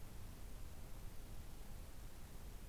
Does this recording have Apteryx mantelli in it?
no